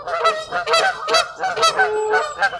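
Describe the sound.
Water birds giving loud nasal honks, several overlapping goose-like calls repeated roughly every half second throughout.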